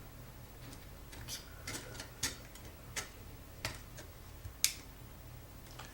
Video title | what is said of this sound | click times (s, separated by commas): What's On The Workbench Episode 2 | just move that forward ever so slightly a little click there and that was the piece falling in place | 4.6 s